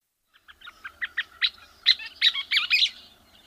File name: Scissor-tailed Flycatcher